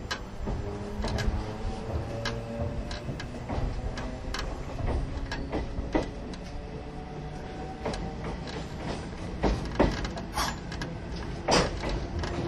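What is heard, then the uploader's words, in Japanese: An old-style passenger coach train runs along, hauled by a steam locomotive, with a steady low rumble and rattle throughout. Sharp clanks and knocks from the coaches and couplings come every second or so, a few louder ones near the end, over faint steady tones. 大井川鉄道オリジナルの機関車がE10形で、その機関車次位の客車はモーター音がよく聞こえます。往年の普通＂客車列車＂の列車走行音。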